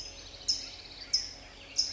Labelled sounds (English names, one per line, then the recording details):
California Towhee
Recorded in Sonoma County, California